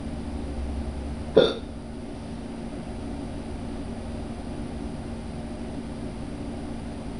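A single hiccup from an adult man.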